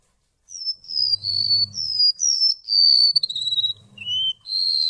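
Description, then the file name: Golden-bellied gerygone: a series of high, sweet whistled phrases, each slurring downward, then a lower rising note and a final bright whistle, over a faint low hum. "suara remetuk laut omkicau"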